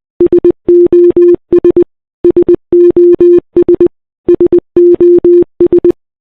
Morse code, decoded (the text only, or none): SOS SOS SOS